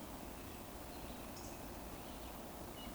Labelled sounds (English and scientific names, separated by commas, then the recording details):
Eurasian Woodcock (Scolopax rusticola) whistle
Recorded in Baden-Württemberg, Germany, on 24 June 2020 at 19:45 UTC
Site 14569, 102 m above sea level